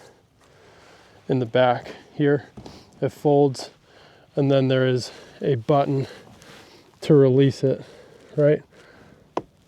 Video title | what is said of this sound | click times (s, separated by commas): Is The Bonafide PWR129 PRO Upgrade Worth The Cost? (Full Review and Install) | there. and you heard it click. So, it will lock in place, right? | 9.4 s